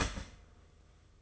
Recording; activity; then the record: daily activity, microphone in the room; start toaster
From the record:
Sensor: 4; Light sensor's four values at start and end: 17/58/22/20 and 17/57/21/20